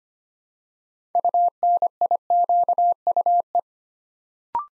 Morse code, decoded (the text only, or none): UNIQUE